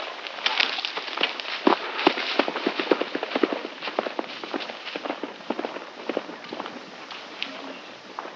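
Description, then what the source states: Horse hoofbeats crunching on gravel, a dense irregular clatter of sharp stony impacts throughout. Horse moving on gravel.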